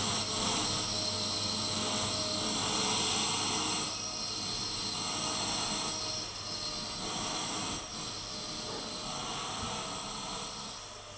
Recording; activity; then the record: daily activity, microphone in the room; vacuum cleaning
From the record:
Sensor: 4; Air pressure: 991.8 hPa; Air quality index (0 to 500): 113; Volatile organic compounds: 20 ppm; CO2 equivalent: 2690 ppm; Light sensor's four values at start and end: 19/63/23/23 and 19/63/23/23